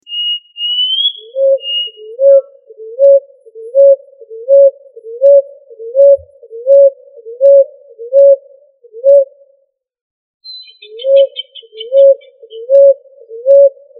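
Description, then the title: Pigeon cooing: a long series of short, low, even coos repeated about every three quarters of a second, with a few high whistled notes at the start and a brief chirping burst later on. "Familia Columbidae Pomba"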